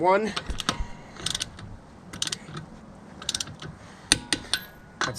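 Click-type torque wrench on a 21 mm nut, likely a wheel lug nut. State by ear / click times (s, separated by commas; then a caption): torque reached / 4.1 s. A click-type torque wrench set to 85 is tightened on a 21 mm nut, likely a wheel lug nut on a 1991–1997 Mazda 626, and this is the second nut. A series of ratcheting clicks comes first, then a loud, sharp release click at 4.1 s as the wrench reaches its setting, while someone talks.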